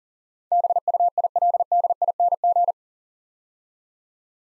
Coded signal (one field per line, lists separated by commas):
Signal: Morse code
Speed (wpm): 39 wpm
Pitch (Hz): 700 Hz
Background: none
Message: BUILDING